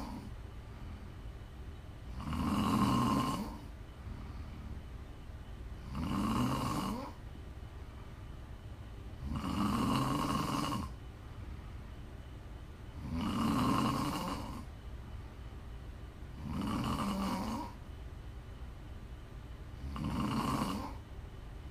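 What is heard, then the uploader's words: Snoring repeats at a slow, steady pace, with a loud breath roughly every three and a half seconds, at about 2.5, 6, 10, 13.5, 17 and 20.5 seconds. Each one is a low, rattling rasp with a brighter buzzing edge, evenly spaced. Quiet hiss fills the gaps. ASMR snoring.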